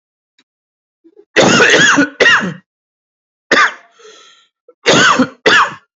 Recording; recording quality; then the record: heavy voluntary cough; excellent, no background noise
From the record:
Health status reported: COVID-19 positive, mild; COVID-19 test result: positive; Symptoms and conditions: cough, fatigue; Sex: male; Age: 35 years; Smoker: not ticked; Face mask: not worn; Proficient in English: yes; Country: India